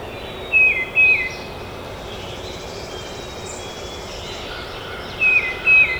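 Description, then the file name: Tufted titmouse song: two phrases of two clear whistled notes each, falling slightly in pitch, separated by a pause of about four seconds. Recorded at Trempealeau on 12 May 2018. "2018-05-12 TUTI-Trempealeau"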